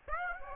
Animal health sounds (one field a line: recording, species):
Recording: mosquito wingbeat signal from an infrared sensor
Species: Aedes aegypti